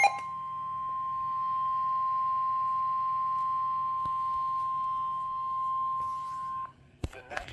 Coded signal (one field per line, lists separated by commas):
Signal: Emergency Alert System (SAME) tones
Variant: 1050 Hz attention tone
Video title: 4 Emergency Alert System captures from 7/4/22 (SVR x3, SMW x1, double header) on KZZ81 Lockport